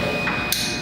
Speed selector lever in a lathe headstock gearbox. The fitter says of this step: And usually the easiest way to tell is if you hear a click.